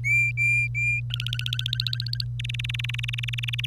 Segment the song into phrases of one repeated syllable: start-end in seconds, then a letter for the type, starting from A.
0.03-1.00 A, 1.10-2.24 B, 2.39-3.66 C